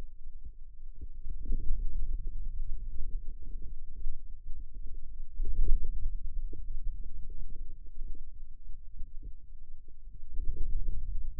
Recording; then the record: forearm muscle sounds (acoustic myography)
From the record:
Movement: ulnar deviation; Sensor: system 2, bracelet of six BSWA MPA416 microphones around the upper forearm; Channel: 5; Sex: male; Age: 22 years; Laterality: right